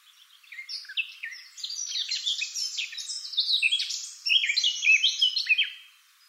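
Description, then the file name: Eurasian blackcap warbling song, a rapid jumble of chattering notes and bright whistled slurs building to a louder, richer finish. "Sylvia atricapilla"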